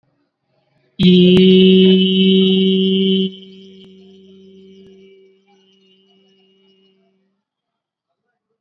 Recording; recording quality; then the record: sustained vowel as in beet; excellent, no background noise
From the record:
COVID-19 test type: RT-PCR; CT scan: not taken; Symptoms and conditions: none ticked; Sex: male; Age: 29 years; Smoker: no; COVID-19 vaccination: both doses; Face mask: worn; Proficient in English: yes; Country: India